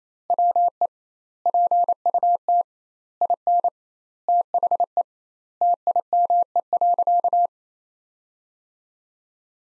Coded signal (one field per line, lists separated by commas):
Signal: Morse code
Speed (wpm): 28 wpm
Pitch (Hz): 700 Hz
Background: none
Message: WE PUT IN THE TIME.